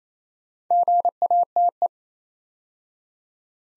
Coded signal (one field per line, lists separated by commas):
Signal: Morse code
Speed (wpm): 29 wpm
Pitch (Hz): 700 Hz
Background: none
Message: GATE